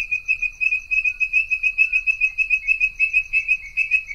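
Tree frog producing a shrill, rapidly pulsed trill, several beats a second, unbroken and fairly even throughout, with only a quiet low hum behind it.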